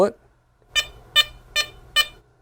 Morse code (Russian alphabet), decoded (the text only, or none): none